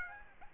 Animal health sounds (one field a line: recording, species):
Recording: mosquito wingbeat signal from an infrared sensor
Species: Aedes aegypti